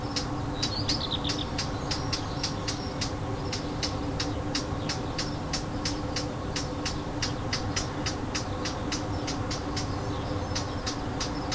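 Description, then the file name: Warbler alarm: dense, evenly repeated clicking ticks with a short chirpy phrase near the start, heard over a continuous low rumble. Alarm call, recorded 25 June 2014 with an MZ-N710 recorder. "Fauvette cri d alarme 25 06 14"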